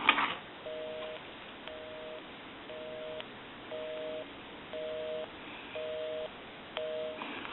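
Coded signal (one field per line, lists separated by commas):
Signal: telephone call progress tone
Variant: North America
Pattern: busy tone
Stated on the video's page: Tones from a Western Electric single-slot rotary payphone converted for home use, during final checkout.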